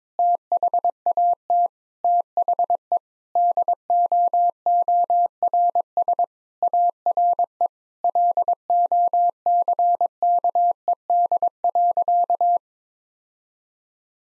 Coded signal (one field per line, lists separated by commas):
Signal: Morse code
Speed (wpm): 22 wpm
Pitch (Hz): 700 Hz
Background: none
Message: THAT THE DOORS ARE LOCKED.